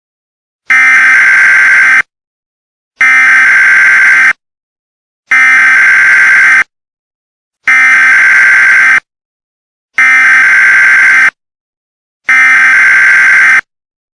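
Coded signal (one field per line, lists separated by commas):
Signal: Emergency Alert System (SAME) tones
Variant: header bursts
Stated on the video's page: Fictional EAS scenario made for entertainment.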